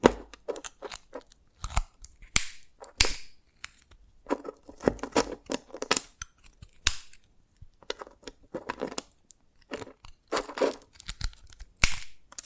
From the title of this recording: Dalgona Candy Challenge Tapping, Cracking Triggers